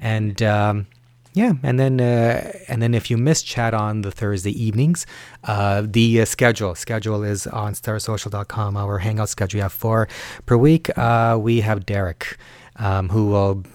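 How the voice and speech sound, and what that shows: An adult man speaks with stuttering: whole-word and phrase repetitions ("and, and", "the schedule, the schedule") and drawn-out "uh" fillers with pauses between phrases.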